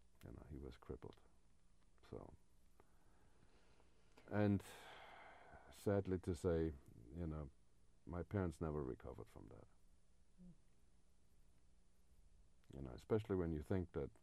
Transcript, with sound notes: You know, he was crippled, so. And [Sighs] sadly to say you know, my parents never recovered from that. You know, especially when you think that